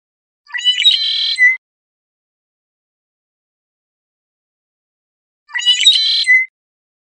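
Red-winged blackbird song: a short burst of stuttered notes running into a buzzy, rattling trill, given twice about five seconds apart, with silence in between.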